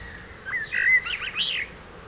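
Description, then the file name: Common blackbird giving one brief warbled phrase that climbs into a squeaky, higher flourish. "Turdus merula"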